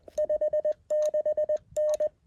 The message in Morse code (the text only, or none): 56N